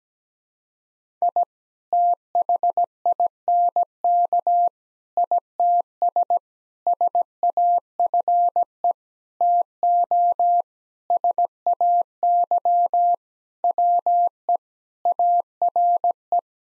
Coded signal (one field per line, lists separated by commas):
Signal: Morse code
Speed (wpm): 17 wpm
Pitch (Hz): 700 Hz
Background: none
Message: I THINK ITS SAFE TO SAY WE ARE